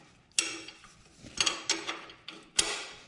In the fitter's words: Just like that. If you hear that noise, you're pretty locked in there.